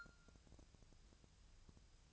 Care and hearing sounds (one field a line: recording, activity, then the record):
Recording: daily activity, microphone in the room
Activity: take from stove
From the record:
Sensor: 2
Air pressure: 999.1 hPa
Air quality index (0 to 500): 197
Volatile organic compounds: 28 ppm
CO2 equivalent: 2912 ppm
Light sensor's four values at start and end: 6/15/6/6 and 6/15/6/6